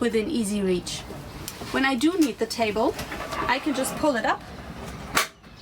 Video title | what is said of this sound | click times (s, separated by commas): Hanse 348: Guided-Tour auf der Segelyacht - Video präsentiert von West Yachting | There's a click and then it's fixed, and I have a good table area in the cockpit. | 5.2 s